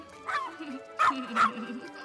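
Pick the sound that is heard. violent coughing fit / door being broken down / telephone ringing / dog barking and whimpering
dog barking and whimpering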